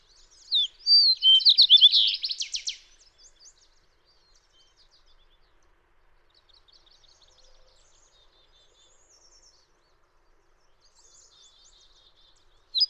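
Fox sparrow song: one loud, rich whistled phrase of about two seconds, then a long stretch of quiet bird chatter.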